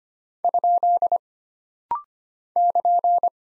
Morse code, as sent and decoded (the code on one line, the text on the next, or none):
..--.. / -.--.
? <KN>